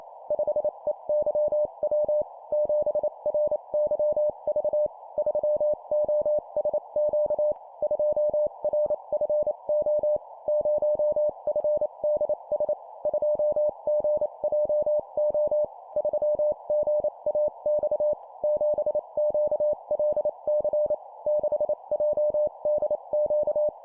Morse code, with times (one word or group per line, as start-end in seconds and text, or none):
0.3-2.2 5EYW
2.5-4.9 7RYV
5.2-7.5 3OSQ
7.8-10.2 2RFO
10.5-12.7 0FDS
13.1-15.6 2GJO
16.0-18.1 3GAX
18.4-20.9 7QLC
21.3-23.7 6JDQ